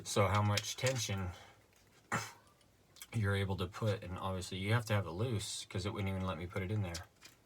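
A Leapers UTG over-bore bipod clamp is handled at a rifle barrel with its tension wheel loosened while someone talks, with a couple of faint knocks around 3.0 s. Nothing has seated or clicked yet.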